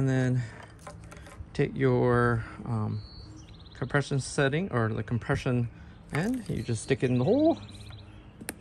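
A small compression/barb drip fitting is pushed into a freshly punched hole in 1/2-inch polyethylene drip tubing while someone talks. A sharp single pop at 8.5 s marks the fitting seating in the tubing.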